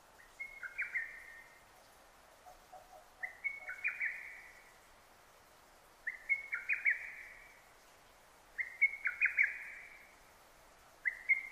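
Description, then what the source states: Lesser cuckoo delivering loud staccato whistled phrases about every two and a half seconds, each a tumbling string of five or six notes. Recorded 6 June 2009.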